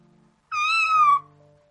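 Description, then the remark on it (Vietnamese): A single drawn-out, excited cat meow from a cat caught between two people kissing, loud and bright with rich harmonics, sliding slightly downward in pitch over about two-thirds of a second, with faint low hum before and after. “bị kẹp giữa nụ hôn khó bỏ khó phân của hai người, hưng phấn mà meo meo.”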